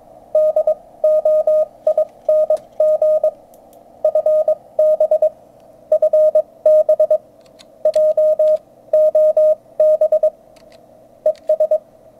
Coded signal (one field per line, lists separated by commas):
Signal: Morse code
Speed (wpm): 22 wpm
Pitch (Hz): 620 Hz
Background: radio noise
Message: DOING FB FB JOB ES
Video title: 17M QSO G4ISJ - OH7LRJ